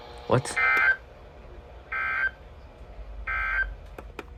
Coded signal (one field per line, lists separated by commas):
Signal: Emergency Alert System (SAME) tones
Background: speech